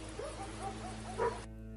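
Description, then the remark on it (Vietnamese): Dogs bark outside in a quick, uneven string of four or five yappy, mid-pitched barks, fairly faint over a steady low hum, with the last bark slightly louder before the sound cuts off. “Bên ngoài, tiếng chó sủa râm ran.”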